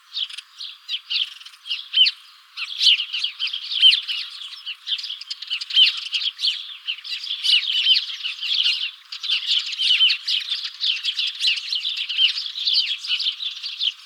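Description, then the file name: House sparrow chirping calls, a dense, continuous chatter of harsh, overlapping chirps throughout. "Passer domesticus"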